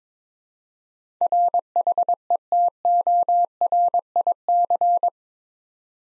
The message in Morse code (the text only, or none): RHETORIC